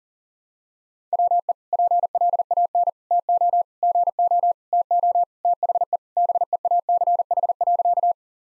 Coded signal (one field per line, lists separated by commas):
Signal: Morse code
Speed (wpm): 40 wpm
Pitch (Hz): 700 Hz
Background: none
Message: WE PLAN TO GO TO THE BEACH.